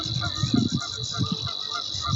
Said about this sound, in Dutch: uit Pijnakker hoort ganzen en een rietzanger en de snor.